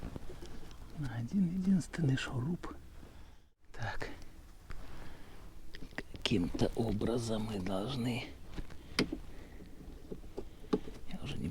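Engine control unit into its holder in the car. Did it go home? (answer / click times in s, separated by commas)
yes / 9.0 s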